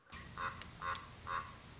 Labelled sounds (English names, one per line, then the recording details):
Common Raven
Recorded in Sonoma County, California